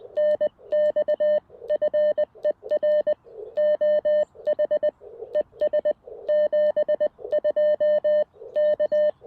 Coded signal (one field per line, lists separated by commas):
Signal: Morse code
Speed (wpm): 20 wpm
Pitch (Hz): 590 Hz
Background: none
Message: NX FER OH ES 72 K